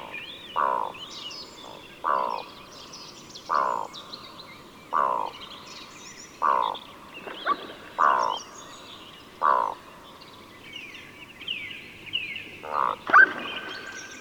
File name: nur czarnoszyi